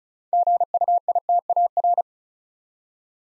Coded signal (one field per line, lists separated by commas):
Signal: Morse code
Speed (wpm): 36 wpm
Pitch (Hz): 700 Hz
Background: none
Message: GUITAR